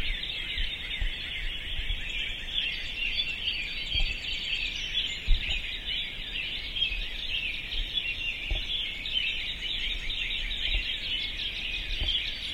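Birds in a busy chorus of high chirps and trills, with scattered low thumps and knocks.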